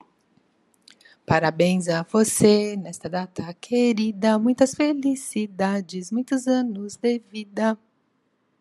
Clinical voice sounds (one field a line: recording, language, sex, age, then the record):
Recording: short text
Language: Brazilian Portuguese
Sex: female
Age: 50 to 59 years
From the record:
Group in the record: control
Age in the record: 55 years